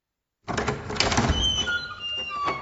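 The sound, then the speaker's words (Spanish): A sturdy old wooden café door is pushed open with a rough, scraping rush, and a small bird-shaped bell hung above it rings, its bright high tones chiming and lingering as the door settles. “Él empujó la puerta, haciendo sonar una campana con forma de pajarito que estaba colgada arriba.”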